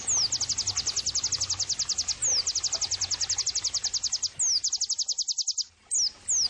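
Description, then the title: White-eye song: long bursts of quick, high, evenly spaced notes separated by falling slurred whistles and a short silence. Pleci singing actively (gacor), used as therapy and bird-training (masteran) audio. "Pleci Gacor 05. terapi pleci dextro 87 plus masteran kenari sahdu Dextro87 channel"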